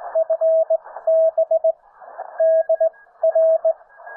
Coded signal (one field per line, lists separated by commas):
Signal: Morse code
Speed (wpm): 18 wpm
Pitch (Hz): 640 Hz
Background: radio noise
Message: FB DR